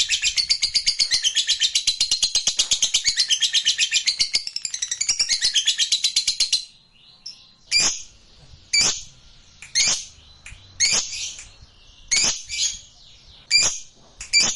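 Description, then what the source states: Lovebird song, a long fast chattering trill of high buzzy notes for about six seconds, then sharp separate chirps repeated roughly once a second. Fighter lovebird singing energetically (gacor).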